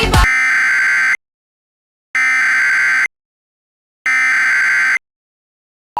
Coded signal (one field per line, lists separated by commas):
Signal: Emergency Alert System (SAME) tones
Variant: header bursts